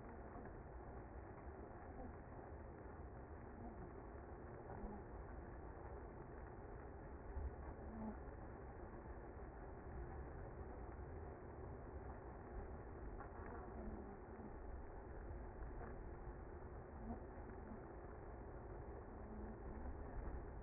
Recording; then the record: honeybee colony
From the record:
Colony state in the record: active